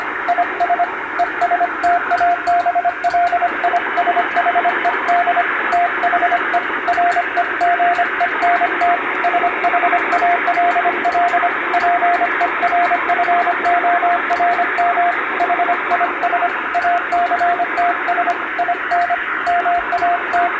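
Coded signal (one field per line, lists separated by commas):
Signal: Morse code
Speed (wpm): 25 wpm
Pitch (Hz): 700 Hz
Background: radio noise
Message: IS ESTABLISHED THE REGENT SHALL PERFORM HIS ACTS IN MAT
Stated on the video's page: Morse (CW) reception practice with the signal buried in shortwave noise, recorded on the amateur bands by a first-class radiotelegraph operator.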